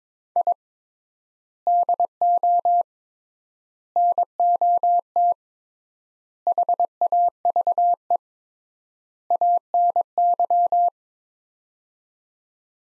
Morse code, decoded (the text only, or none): I DO NOT HAVE ANY